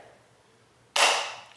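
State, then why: Seated. The front slider on the plastic sip lid of a stainless steel tumbler, full with 20 ounces of coffee, is slid forward into its locked position. After a quiet stretch, a crisp, bright click sounds at 1.0 s and rings down over about half a second, followed by a faint tick near 1.6 s. The slider is now locked.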